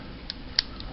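A barrel bushing is pushed a second time into the slide of a Norinco 213 pistol being converted from 9mm to 7.62x25 Tokarev, after it was not fully seated. A faint tick comes at 0.3 s, then the bushing snaps home with a sharp click at 0.6 s, followed by a lighter tick near 0.8 s. The part is now seated.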